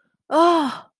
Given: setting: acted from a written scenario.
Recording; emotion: vocal sound without words; distress